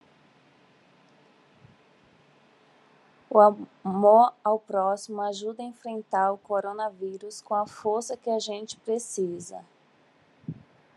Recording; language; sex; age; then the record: spoken sentence; Brazilian Portuguese; female; 40 to 49 years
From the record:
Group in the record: control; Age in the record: 41 years